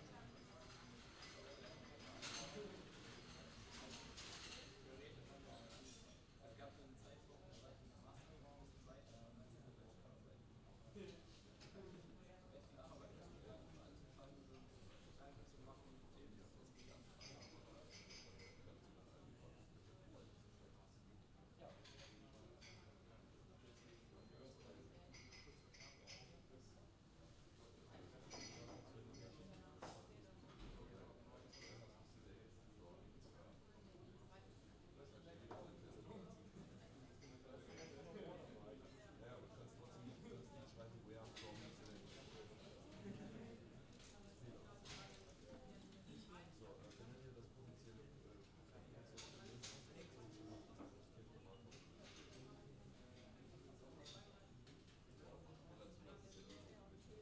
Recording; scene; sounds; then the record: everyday scene through a hearing-aid microphone; many people talking; many voices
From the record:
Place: university cafeteria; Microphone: in the ear canal, left